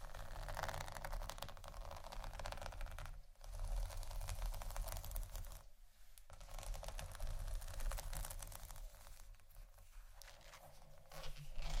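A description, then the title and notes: Dense scratching and crackly tapping run almost continuously over a low steady hum, with brief dips near three, six and ten seconds. ASMR Scratching & Tapping For Sleep（No Talking）.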